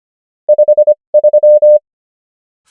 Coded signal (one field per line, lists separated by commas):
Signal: Morse code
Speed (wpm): 25 wpm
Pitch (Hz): 600 Hz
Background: none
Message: 53